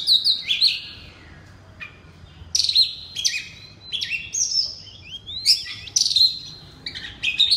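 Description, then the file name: Oriental magpie-robin delivering loud, bright whistles and clipped downslurred notes in several bursts, with a pause near the start. Loud song in the style called 'ngeplong' in Indonesian. "suara kacer ngeplong keras"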